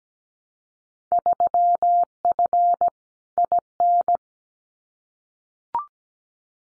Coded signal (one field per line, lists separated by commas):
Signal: Morse code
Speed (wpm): 17 wpm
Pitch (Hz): 700 Hz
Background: none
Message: 3F IN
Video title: Field Day Exchange 17wpm